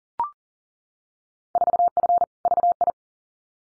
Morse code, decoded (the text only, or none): 4F VI